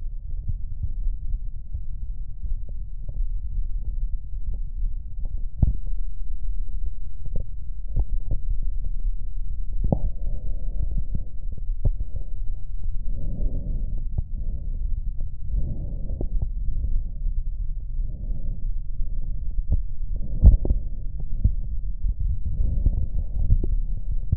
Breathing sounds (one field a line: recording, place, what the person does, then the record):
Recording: lung sounds by stethoscope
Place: right posterior apical chest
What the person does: quiet breathing, then deep breathing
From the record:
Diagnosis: none (healthy)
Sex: male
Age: 29 years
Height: 180 cm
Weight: 100 kg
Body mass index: 30.9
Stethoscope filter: extended mode